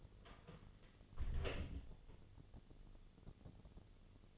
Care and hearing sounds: daily activity, microphone in the room; close door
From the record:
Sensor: 4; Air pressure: 1016.0 hPa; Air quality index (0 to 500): 200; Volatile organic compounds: 11 ppm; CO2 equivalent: 2273 ppm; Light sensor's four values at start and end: 9/20/8/7 and 9/20/8/7

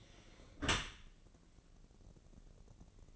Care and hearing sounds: daily activity, microphone in the room; close dishwasher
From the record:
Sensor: 4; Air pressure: 1013.2 hPa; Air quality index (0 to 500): 171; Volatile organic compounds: 2 ppm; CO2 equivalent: 1078 ppm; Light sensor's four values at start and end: 80/199/83/85 and 81/200/83/85

